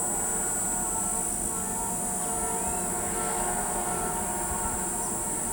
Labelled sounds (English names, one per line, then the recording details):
none
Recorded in pastures near Pivijay, Magdalena, Colombia, on 16 April 2023 at 13:30
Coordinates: 10.456, -74.369
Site P6-G026